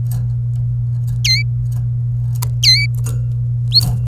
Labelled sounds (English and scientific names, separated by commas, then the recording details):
Domestic Canary (Serinus canaria) song
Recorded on 26 April 2018 at 16:38
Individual llb3